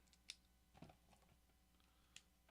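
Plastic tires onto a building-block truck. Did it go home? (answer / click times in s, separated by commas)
yes / 0.3 s, 2.2 s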